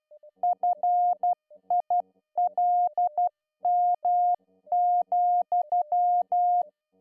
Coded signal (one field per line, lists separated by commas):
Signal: Morse code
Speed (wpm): 12 wpm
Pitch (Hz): 710 Hz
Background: music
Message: FILM,